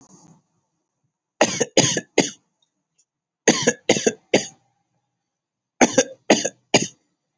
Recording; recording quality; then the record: shallow voluntary cough; excellent, no background noise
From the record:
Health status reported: healthy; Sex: male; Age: 19 years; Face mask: not worn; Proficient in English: yes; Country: India